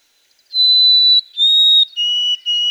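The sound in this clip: White-throated sparrow song: two long clear whistles stepping slightly downward, followed by two shorter lower whistled notes.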